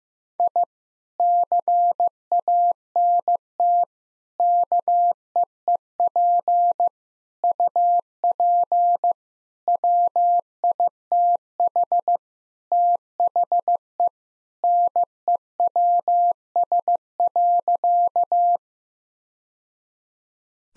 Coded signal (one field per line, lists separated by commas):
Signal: Morse code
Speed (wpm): 15 wpm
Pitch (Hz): 700 Hz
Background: none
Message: I CANT KEEP UP WITH THE NEWS.